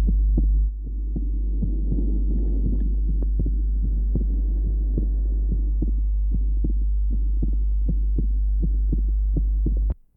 An adult with an atrial septal defect. The normal first sound, the grade 1/6 ejection systolic murmur, and the wide fixed splitting of the second sound. Taken from the pulmonary area.